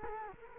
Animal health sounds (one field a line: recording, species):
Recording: mosquito wingbeat signal from an infrared sensor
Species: Culex quinquefasciatus